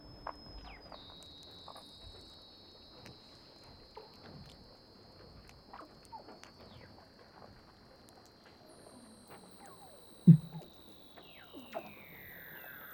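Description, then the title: Weddell seal underwater calls: a long steady high whistle with faint descending chirps and scattered clicks beneath, one louder thump partway through. "Douglas Quin - Weddell Seals (Underwater)"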